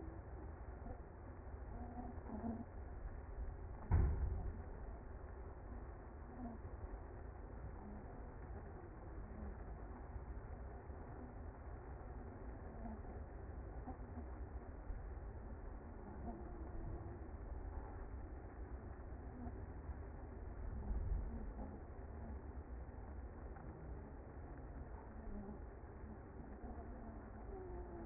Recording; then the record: honeybee colony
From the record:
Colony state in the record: active